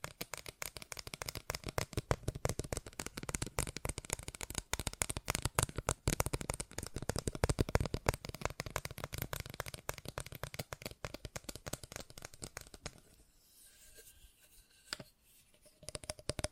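Fast tapping in dense, rapid clicks that run almost continuously for about thirteen seconds, crisp and bright with a soft thud underneath. Near the end the tapping thins to a near pause with one isolated tap, then resumes briefly.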